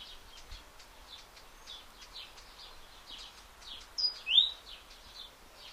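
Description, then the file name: Great tit giving a single loud two-note phrase, high then lower and slurred, after several seconds of quiet twittering. "Parus major"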